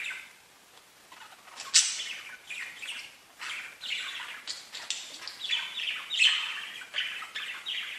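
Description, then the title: Budgerigar chatter, scratchy squawks and chirps in irregular bursts, one sharp loud note near the start. "Budgie Sounds"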